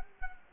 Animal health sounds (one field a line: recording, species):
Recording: mosquito wingbeat signal from an infrared sensor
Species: Culex quinquefasciatus